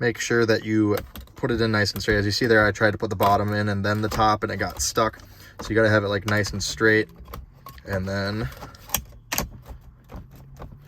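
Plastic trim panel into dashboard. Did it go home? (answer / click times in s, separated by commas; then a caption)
yes / 8.9 s, 9.3 s. Someone talks while a plastic dash trim piece holding a wireless charging pad is lined up and pushed straight into the dashboard of a GM Silverado/Sierra/SUV truck. Its two retaining clips snap in with two faint clicks at about 9.0 and 9.3 seconds. The panel is seated.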